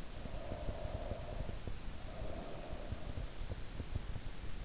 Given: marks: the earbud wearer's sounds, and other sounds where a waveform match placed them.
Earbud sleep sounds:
sounds in sleep by an in-ear microphone; breath
0.16-3.59 s: breath

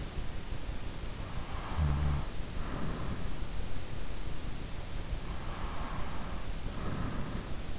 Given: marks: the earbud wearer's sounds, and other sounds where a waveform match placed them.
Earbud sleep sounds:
sounds in sleep by an in-ear microphone; breath
1.51-3.45 s: breath
5.59-7.18 s: breath

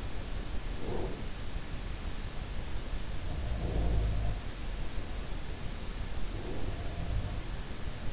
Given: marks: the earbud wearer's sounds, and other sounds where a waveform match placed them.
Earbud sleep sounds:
sounds in sleep by an in-ear microphone; breath
0.85-1.21 s: breath
3.21-4.34 s: sound from someone else or the room
6.41-7.48 s: breath

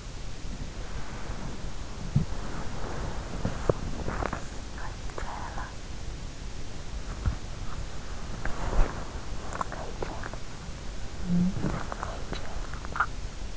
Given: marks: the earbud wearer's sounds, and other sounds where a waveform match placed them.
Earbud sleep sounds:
sounds in sleep by an in-ear microphone; body movement
0.00-13.57 s: body movement
10.91-11.93 s: sound from someone else or the room

